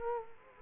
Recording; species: mosquito wingbeat signal from an infrared sensor; Culex quinquefasciatus